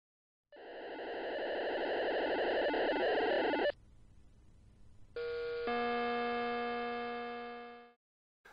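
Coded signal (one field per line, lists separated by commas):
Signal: pager alert tone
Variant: Multitone Electronics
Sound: three seconds of harsh rapid warbling tones, a pause, then steady buzzy tones stepping down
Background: radio static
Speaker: this is a multi-tone paging signal developed by multi-tone electronics in the uk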